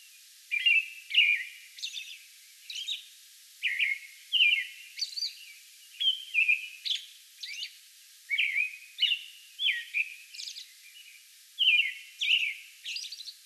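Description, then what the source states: American robin carol of liquid whistled phrases in quick series with short breaks, with high squeaky notes mixed in. Song bout recorded May 11.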